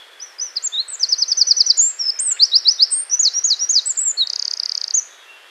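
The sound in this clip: Wren singing a rapid, high-pitched outpouring of trills and chattering notes lasting about five seconds, closing with a buzzy rattle and one last sharp note.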